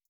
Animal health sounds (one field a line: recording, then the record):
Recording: hydrophone in a shrimp aquaculture tank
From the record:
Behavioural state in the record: stressed